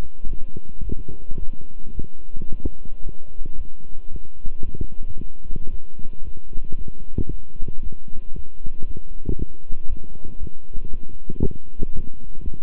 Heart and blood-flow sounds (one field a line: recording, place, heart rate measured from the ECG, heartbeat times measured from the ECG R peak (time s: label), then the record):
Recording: heart sounds by stethoscope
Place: between the tricuspid and mitral areas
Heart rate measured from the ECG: 114 bpm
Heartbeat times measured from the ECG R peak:
0.27 s: heartbeat
0.82 s: heartbeat
1.37 s: heartbeat
1.92 s: heartbeat
2.47 s: heartbeat
3.02 s: heartbeat
3.56 s: heartbeat
4.10 s: heartbeat
4.63 s: heartbeat
5.16 s: heartbeat
5.69 s: heartbeat
6.23 s: heartbeat
6.76 s: heartbeat
7.29 s: heartbeat
7.81 s: heartbeat
8.34 s: heartbeat
8.85 s: heartbeat
9.36 s: heartbeat
9.87 s: heartbeat
10.38 s: heartbeat
10.89 s: heartbeat
11.40 s: heartbeat
11.91 s: heartbeat
12.42 s: heartbeat
From the record:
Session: walking at 3.7 km/h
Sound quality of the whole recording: good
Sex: male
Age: 26 years